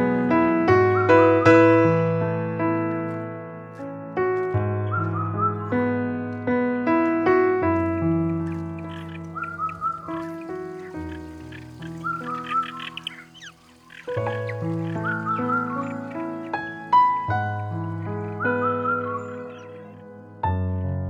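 Gentle piano plays steady low chords and a flowing melody, with short bird chirps recurring every few seconds and a brief hush near fourteen seconds.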